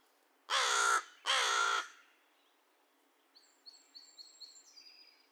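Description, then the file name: American crow delivering a pair of rough caws in quick succession, followed by several thin, high chirps from another bird. Recorded 2 May 2020; a series of paired caws and one single caw. "2020-05-02 American Crow cawcawsandonecaw"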